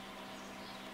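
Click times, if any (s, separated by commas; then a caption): none. A RAM module is being handled over a motherboard DIMM slot, about to be pressed down so it locks fully. The second is steady, even noise with a constant hum and no sudden sounds. Nothing has seated or clicked yet.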